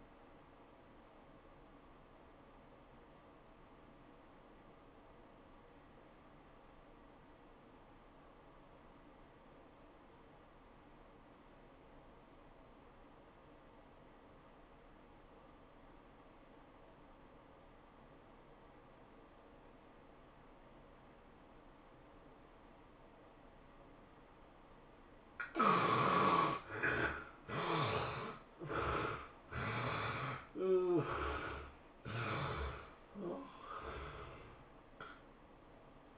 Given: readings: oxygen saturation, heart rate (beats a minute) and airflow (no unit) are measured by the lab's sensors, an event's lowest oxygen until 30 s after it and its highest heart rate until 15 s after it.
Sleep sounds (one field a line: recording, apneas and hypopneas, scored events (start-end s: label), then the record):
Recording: breathing in sleep by a voice recorder at the bedside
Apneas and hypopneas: 1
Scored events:
7.00-25.50 s: obstructive apnea (N1, oxygen 94% highest, then 70% lowest, heart rate 87 at the start, 106 highest)
From the record:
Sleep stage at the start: N1 (lightest sleep)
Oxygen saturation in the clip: 68 to 94%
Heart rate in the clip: 73 to 107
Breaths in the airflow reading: 4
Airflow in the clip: -16.0 to 13.9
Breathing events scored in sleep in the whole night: 403 in 5.5 hours asleep